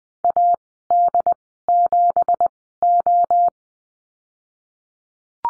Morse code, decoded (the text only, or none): AD7O